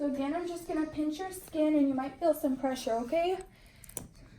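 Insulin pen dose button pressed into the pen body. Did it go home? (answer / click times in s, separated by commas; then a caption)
yes / 4.0 s. Someone talks while the skin is pinched for an injection, then the dose button of a plastic insulin pen is pressed into the pen body. A few faint ticks lead to a sharp click at 3.9 s. The button is confirmed seated flush.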